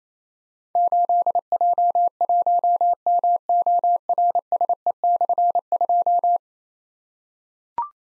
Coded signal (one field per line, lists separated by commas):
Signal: Morse code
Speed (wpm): 29 wpm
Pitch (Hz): 700 Hz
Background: none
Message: 8J1MORSE/2